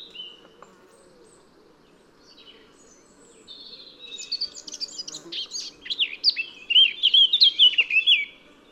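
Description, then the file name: Eurasian blackcap song starting with soft scattered notes, then a hurried scratchy warble swelling into loud, rich fluted whistles toward the end. "Sylvia atricapilla"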